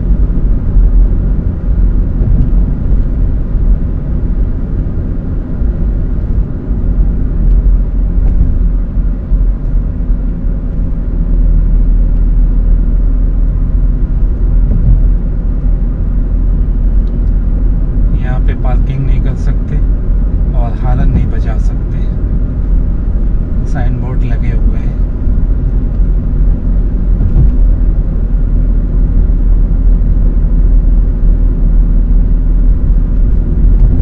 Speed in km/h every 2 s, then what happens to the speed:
63, 63, 63, 60, 58, 57, 58, 59, 60, 60, 61, 61, 60, 58, 57, 56, 57.
0-9 slows to 57. 9-34 steady at about 58.